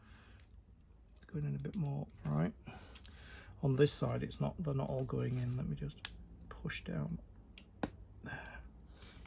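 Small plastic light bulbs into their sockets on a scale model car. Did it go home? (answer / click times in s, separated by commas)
yes / 7.8 s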